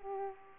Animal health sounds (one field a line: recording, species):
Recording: mosquito wingbeat signal from an infrared sensor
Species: Culex pipiens